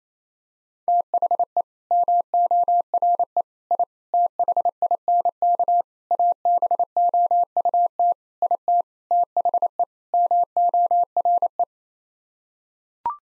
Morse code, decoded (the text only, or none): THE MORE I THINK ABOUT IT THE MORE